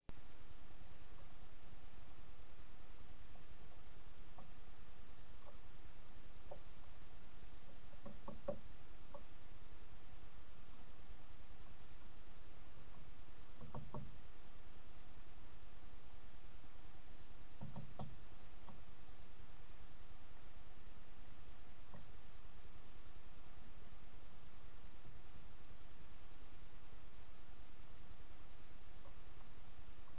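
A great tit works at sunflower seeds, its pecks and cracks coming as short, sharp knocks at irregular moments, clustering around the eighth, fourteenth and eighteenth seconds. A steady low rumble, like engine or traffic noise, runs underneath throughout.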